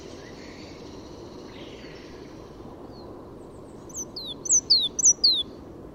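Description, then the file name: Great tit singing: a short series of high, sharply descending whistled notes in pairs near the end, over a steady low background rumble. "Parus major"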